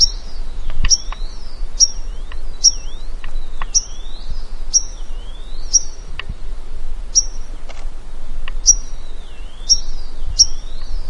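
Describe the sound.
Vinaceous rosefinch giving a series of thin, high-pitched call notes about a second apart, each trailed by a short downward slur, against a low continuous hum.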